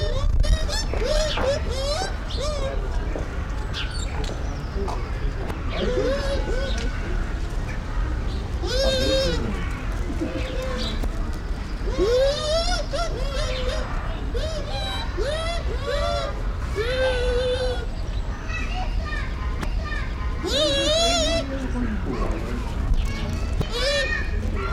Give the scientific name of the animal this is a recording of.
Speothos venaticus